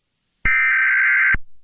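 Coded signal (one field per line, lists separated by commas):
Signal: Emergency Alert System (SAME) tones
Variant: header bursts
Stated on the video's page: Fictional mock EAS alerts for a Michigan severe weather outbreak, made for entertainment.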